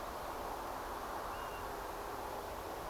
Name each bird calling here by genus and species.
Pluvialis apricaria